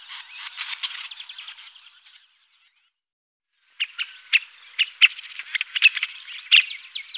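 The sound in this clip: Syrian woodpecker with a series of rasping, chattering calls, a short pause, then sharp squawky notes in quick succession.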